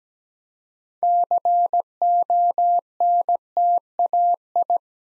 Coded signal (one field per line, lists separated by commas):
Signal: Morse code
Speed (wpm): 17 wpm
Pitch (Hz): 700 Hz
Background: none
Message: CONTAI